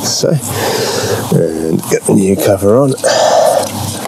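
Someone talks while handling the plastic cabin filter cover as it is fitted by hand into the filter housing under the dashboard, after the new pollen filter has gone in behind the glove box. Nothing has seated or clicked yet in this clip.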